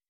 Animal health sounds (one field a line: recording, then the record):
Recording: hydrophone in a shrimp aquaculture tank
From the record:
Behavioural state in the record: weakened